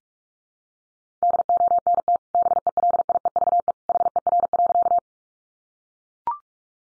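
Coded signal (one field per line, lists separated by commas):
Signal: Morse code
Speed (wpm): 44 wpm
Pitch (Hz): 700 Hz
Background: none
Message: DONT BELIEVE HER.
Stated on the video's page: Morse code practice at 45 wpm: head-copy sentences built from the top 1000 words, each sent in Morse, spoken, then sent again.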